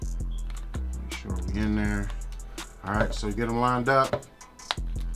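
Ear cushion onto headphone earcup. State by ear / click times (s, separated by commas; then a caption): seated / 4.7 s. An ear cushion is lined up on the second headphone earcup and pushed on, and someone talks over background music. The ear cushion clip snaps in with a sharp click at 4.7 s, showing the cushion is seated.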